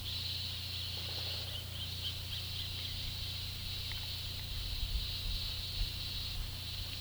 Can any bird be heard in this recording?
yes